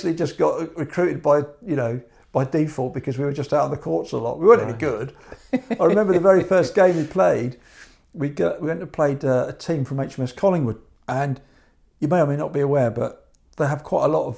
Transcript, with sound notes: We’d just got recruited by, you know, default because we were just out on the courts a lot. We weren’t any good (laughs). I remember the very first game we played, we went and played a team from HMS Collingwood, and you may or may not be aware but they have quite a lot of